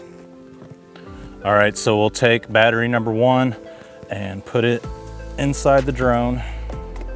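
Someone talks while handling the first flight battery for an Autel Alpha drone, about to slide it into the drone's battery bay, with music playing in the background. Nothing has seated or clicked yet; the battery has not latched into the bay by the end of the clip.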